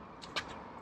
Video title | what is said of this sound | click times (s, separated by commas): Trying Out the Tesla CCS Adapter | I just heard a click | 0.2 s